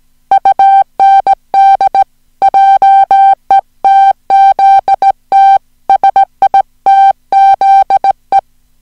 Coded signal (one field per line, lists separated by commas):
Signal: Morse code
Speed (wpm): 17 wpm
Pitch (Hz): 780 Hz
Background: music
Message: UND JETZT SITZE